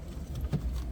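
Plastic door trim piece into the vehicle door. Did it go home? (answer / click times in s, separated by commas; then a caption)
no / none. A plastic door trim piece is handled and pressed onto the door of a 2001 Ford Expedition during reassembly after the window regulator was replaced. Soft plastic knocks and rubbing play over a low steady hum, with a brief louder thump near 0.5 s. Nothing has seated or clicked yet.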